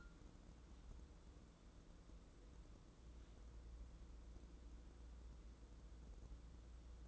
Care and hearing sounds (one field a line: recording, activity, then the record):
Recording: daily activity, microphone in the room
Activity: wipe stove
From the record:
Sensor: 3